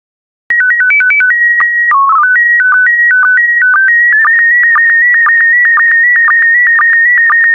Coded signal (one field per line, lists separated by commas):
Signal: SSTV (slow-scan television)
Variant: PD 120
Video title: 172027 Action Sailing SSTV PD120